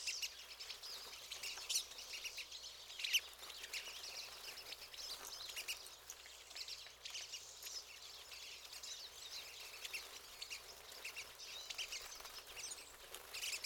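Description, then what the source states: Pine siskins chattering steadily, a dense wash of high twittering notes and thin buzzes throughout, with no pause between callers. Several birds.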